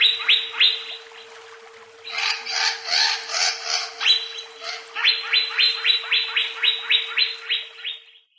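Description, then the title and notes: Leafbird song: rapid falling notes, then a chattering buzzy passage, then a long even train of quick descending notes that fades out, over a steady hum. "CCKIJDaunKecil. Cucak Ijo"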